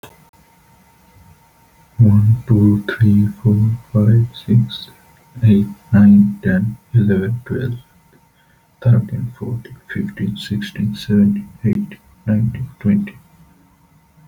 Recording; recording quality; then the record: counting at a normal pace; moderate, slight background noise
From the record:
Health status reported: healthy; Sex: male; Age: 32 years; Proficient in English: yes